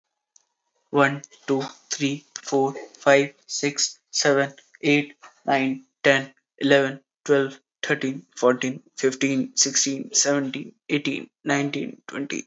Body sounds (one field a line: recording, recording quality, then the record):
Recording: counting at a normal pace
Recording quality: moderate, slight background noise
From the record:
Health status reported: exposed to COVID-19, no respiratory illness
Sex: male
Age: 19 years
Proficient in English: yes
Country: India